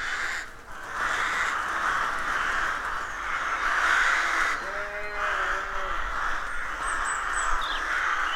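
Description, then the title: Rooks in a loud cawing throng, grating calls piling up, a few lower notes midway and faint high notes late on. Rook colony of more than 300 birds nesting in a dozen roadside trees, rural County Armagh, early spring; pairs greeting, squabbling with neighbours as first chicks hatch. "Sound Escape 113. the stirring cacophony of a rook colony"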